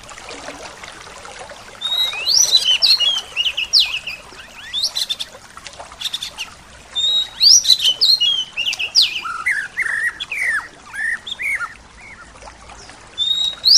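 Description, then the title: Bird song in bursts of high chirps and twittering notes, some sweeping down, in phrases separated by pauses. "SuaraBurung Kicau"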